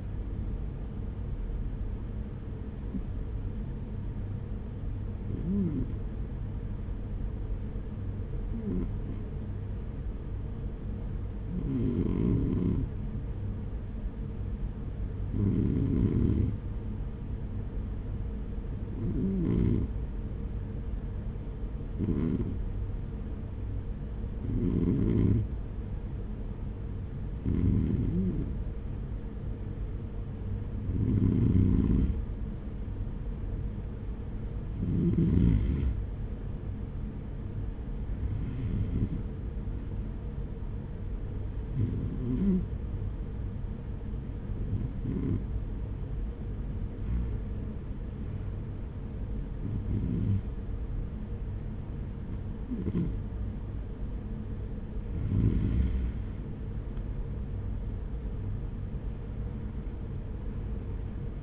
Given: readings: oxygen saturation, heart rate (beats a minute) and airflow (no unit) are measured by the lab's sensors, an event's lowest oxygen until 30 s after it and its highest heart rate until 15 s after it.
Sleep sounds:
breathing in sleep by a smartphone at the bedside; 1
5.00-33.50 s: hypopnea (REM, oxygen 96% highest, then 93% lowest, heart rate 54 at the start, 56 highest)
From the record:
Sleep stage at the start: REM sleep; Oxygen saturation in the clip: 93 to 96%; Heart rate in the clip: 50 to 60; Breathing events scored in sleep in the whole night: 210 in 6.9 hours asleep

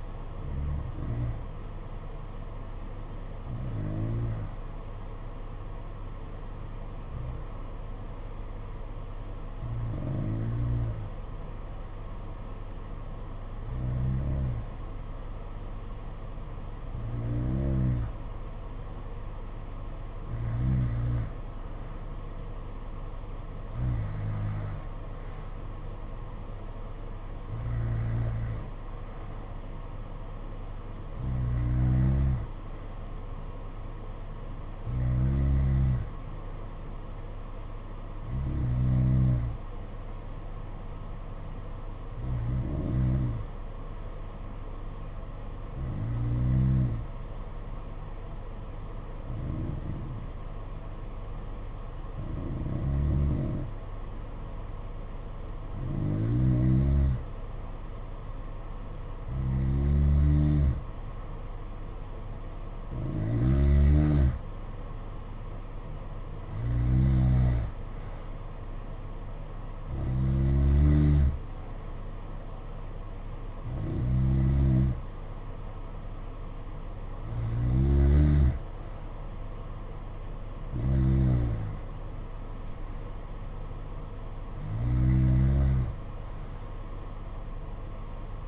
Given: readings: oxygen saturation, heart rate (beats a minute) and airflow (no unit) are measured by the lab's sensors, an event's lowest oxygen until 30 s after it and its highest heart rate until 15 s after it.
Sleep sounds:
breathing in sleep by a smartphone at the bedside; 2
4.00-20.70 s: hypopnea (N2, oxygen 93% highest, then 89% lowest, heart rate 55 at the start, 58 highest)
41.00-61.00 s: hypopnea (N2, oxygen 92% highest, then 89% lowest, heart rate 57 at the start, 61 highest)
83.00-88.48 s: new sleep stage, N1 (lightest sleep)
From the record:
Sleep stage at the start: N2 (light sleep); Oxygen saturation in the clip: 89 to 93%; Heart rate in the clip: 52 to 66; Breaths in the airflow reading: 25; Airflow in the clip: -7.7 to 4.9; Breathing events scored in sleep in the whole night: 476 in 9.7 hours asleep

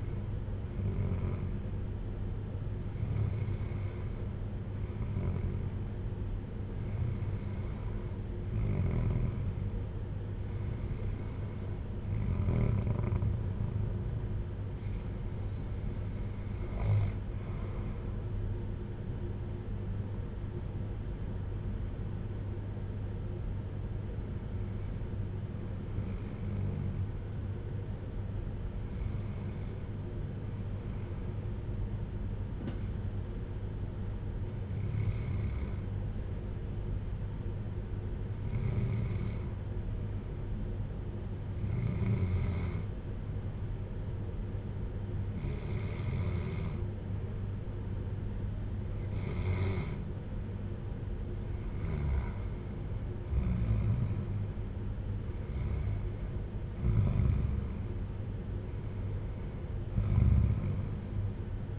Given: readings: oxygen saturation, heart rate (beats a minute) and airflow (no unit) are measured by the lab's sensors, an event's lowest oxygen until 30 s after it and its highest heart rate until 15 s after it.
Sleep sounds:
breathing in sleep by a smartphone at the bedside; 1
21.00-61.79 s: new sleep stage, N2 (light sleep)
29.00-55.50 s: hypopnea (N2, oxygen 96% highest, then 92% lowest, heart rate 57 at the start, 64 highest)
From the record:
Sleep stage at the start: N1 (lightest sleep); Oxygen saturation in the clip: 93 to 96%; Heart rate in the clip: 53 to 66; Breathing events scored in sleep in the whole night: 310 in 8.1 hours asleep

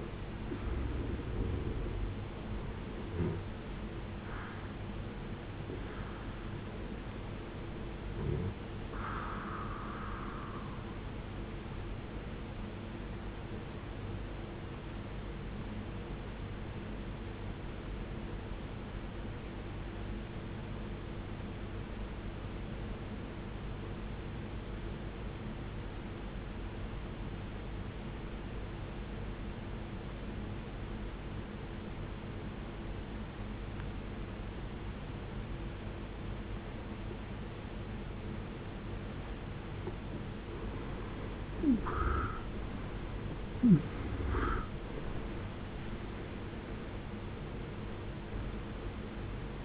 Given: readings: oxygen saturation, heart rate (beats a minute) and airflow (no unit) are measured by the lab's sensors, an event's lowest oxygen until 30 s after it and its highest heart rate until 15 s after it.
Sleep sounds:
breathing in sleep by a voice recorder at the bedside; 1
15.00-40.20 s: obstructive apnea (N1, oxygen 94% highest, then 73% lowest, heart rate 60 at the start, 80 highest)
From the record:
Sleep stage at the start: N1 (lightest sleep); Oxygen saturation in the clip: 75 to 94%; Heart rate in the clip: 54 to 80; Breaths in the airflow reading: 7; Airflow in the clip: -15.9 to 17.4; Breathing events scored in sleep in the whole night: 389 in 6.3 hours asleep

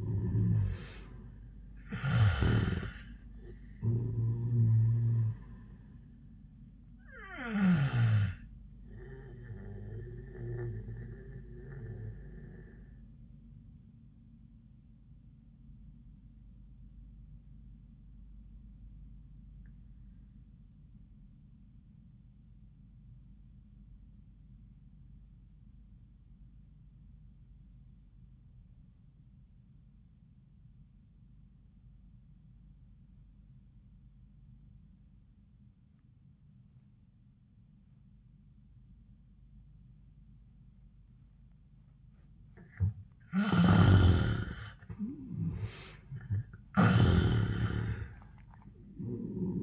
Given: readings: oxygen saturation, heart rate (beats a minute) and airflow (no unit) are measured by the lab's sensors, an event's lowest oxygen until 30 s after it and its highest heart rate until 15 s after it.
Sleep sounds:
breathing in sleep by a smartphone at the bedside; 1
9.00-43.60 s: obstructive apnea (N1, oxygen 97% highest, then 72% lowest, heart rate 91 at the start, 93 highest)
From the record:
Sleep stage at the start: N1 (lightest sleep); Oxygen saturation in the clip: 69 to 97%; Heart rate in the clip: 67 to 93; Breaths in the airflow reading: 3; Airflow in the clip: -28.2 to 12.5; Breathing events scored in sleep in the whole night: 400 in 8.7 hours asleep

